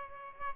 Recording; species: mosquito wingbeat signal from an infrared sensor; Aedes albopictus